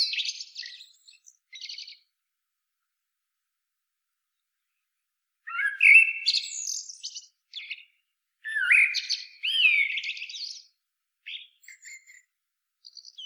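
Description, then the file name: Common blackbird song: a high twittering ending, a long silence, then two fuller phrases of warbling notes and shrill squeaks, with faint high notes trailing. "Turdus merula"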